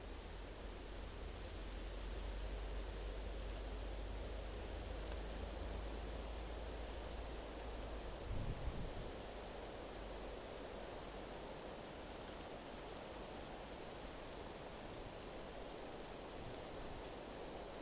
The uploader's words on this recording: Forest Wind & Waterfall White Noise. The gentle breeze through trees and the soothing cascade of a waterfall.